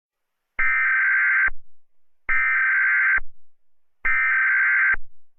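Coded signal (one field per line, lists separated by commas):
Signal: Emergency Alert System (SAME) tones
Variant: header bursts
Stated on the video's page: Fictional EAS scenario, not a real alert.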